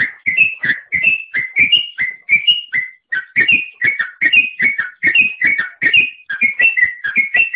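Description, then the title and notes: Songbird singing a rapid series of whistled notes, rising and falling in pitch, with a few short breaks. "Bird Sound. Kicau Burung Lengkap"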